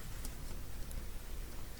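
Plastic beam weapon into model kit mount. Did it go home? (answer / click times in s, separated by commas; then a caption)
no / none. A small plastic beam weapon (beam shorty) is plugged into its mount on a plastic model kit and slid down toward its locking position. Steady low rumbling noise fills the clip, with two brief faint ticks at about 0.3 s and 0.9 s. The part has not locked into place yet, and nothing has seated or clicked.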